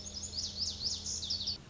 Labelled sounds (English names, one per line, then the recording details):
Lazuli Bunting
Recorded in Sonoma County, California